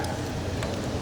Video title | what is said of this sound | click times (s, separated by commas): How to unbox and correctly assemble the SRPNT E-Moto | And you'll hear it click just like that. | 0.6 s